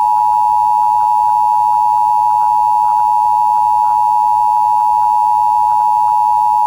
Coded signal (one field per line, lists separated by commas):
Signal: Emergency Alert System (SAME) tones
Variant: 853 and 960 Hz attention tone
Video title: [EAS] Blizzard Warning for Kittson and Marshall Counties [Emergency Travel Only]